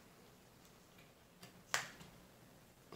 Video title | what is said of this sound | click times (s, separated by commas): How to Upgrade Old Macbook Pro to 16GB RAM (Step by Step!) | you get in there you just push it down and it locks in place again | 1.7 s